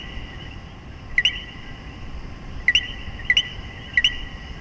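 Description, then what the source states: Common coquí calls, a short low note followed by a higher rising one, given four times after a quiet start, with quiet hiss between. Puerto Rico.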